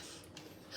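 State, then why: Seated. A child closes the lid of an electric rice cooker after adding rice and water. A short, sharp click sounds at 0.4 s over a low, steady background hiss. The click shows the lid has latched shut and is properly closed.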